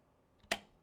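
A DJI RS5 gimbal grip is pushed down onto its gimbal base with the metal pins lined up with the receivers, giving a sharp, bright click at 0.5 s as the release button flips. The grip seats and locks into place. A faint softer contact is heard just before the click.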